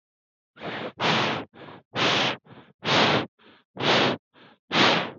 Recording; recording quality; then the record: shallow breathing; excellent, no background noise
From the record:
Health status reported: healthy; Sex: male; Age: 19 years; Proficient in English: yes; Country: India